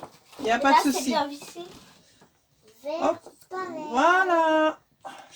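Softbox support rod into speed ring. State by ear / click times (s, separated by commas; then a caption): not seated / none. A support rod is fitted into the speed ring of a Neewer 700 W 60x60 softbox light kit while someone talks. No click is heard, so the rod is not seated correctly and nothing has clicked yet.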